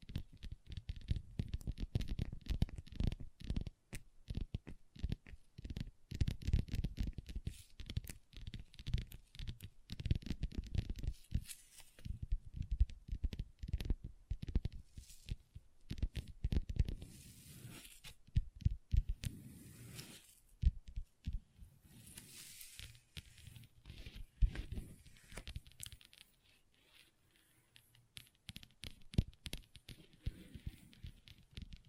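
Long nails tap and scratch on a tabletop in a busy, uneven stream of sharp clicks and rasping scrapes. The activity is densest early on, with brighter scratchy bursts around the middle, then thins into sparser taps toward the end.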